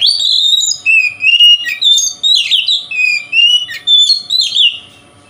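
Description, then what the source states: Oriental magpie-robin pouring out a continuous stream of varied whistles, slurred notes and sharp chips that fades at the end. Song style called kacer konslet in the Indonesian title.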